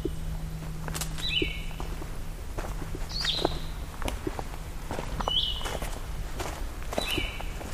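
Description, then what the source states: Blue-headed Vireo singing four brief slurred whistled phrases, about two seconds apart, with footsteps and a low hum behind. Recorded in the Allegheny National Forest; song described as similar to the Red-eyed Vireo's but a lot sweeter sounding.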